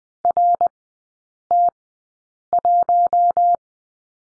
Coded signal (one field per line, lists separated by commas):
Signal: Morse code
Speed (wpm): 20 wpm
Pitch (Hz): 700 Hz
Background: none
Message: RT1